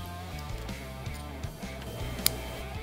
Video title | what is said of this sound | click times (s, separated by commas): 🔧Tool Tech Tuesday #44 - Effortless Electrical Connector Pin Removal Tools | Hear that click? It's locked in place. | 2.3 s